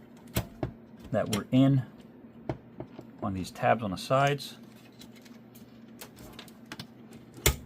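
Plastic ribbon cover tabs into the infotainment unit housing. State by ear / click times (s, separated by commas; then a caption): seated / 7.5 s. A plastic cover inside a PCM3.1 infotainment head unit from a 2012 Porsche 911 (991.1) is pushed down over the ribbon cables while someone talks, with faint ticks and taps along the way. At 7.5 s a sharp, loud click is heard as the tabs on the cover's sides catch in the unit housing, showing the cover is seated and in good shape.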